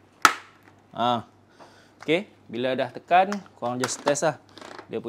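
A plastic visor foot on a GIVI M35.0 SCUDO motorcycle helmet, aligned on the second side, is pressed into the helmet's side pivot mount. It gives one loud, sharp snap at 0.3 s and seats in place. Someone then talks.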